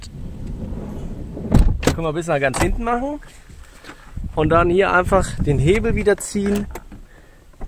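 A car seat is slid all the way back along its floor rails and its adjustment lever is pulled again, so the metal rail latch can lock into position and be checked for firmness. Someone talks over a few short knocks and rattles around 1.4 to 1.9 seconds. The clip ends before the latch engages; nothing has seated yet.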